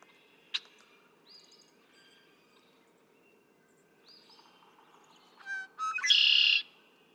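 Red-winged Blackbird song after several seconds of faint chips and a sharp click: stuttered introductory notes lead into a loud buzzy, rattling trill near the end.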